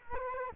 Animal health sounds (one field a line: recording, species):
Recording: mosquito wingbeat signal from an infrared sensor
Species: Culex quinquefasciatus